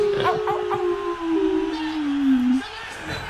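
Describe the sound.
A single human voice imitates a wolf howl, a sustained tone that glides slowly downward in pitch for about two seconds before breaking off, with brief vocal sounds at the start.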